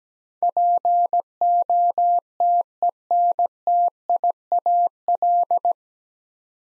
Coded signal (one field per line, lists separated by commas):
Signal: Morse code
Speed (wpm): 17 wpm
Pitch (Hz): 700 Hz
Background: none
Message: POTENTIAL